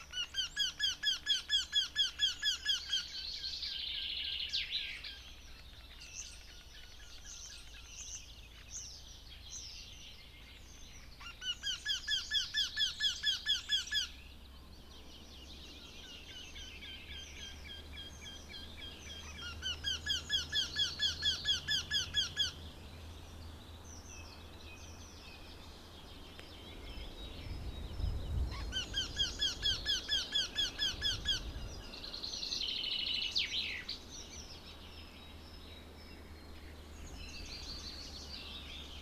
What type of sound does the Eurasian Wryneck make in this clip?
song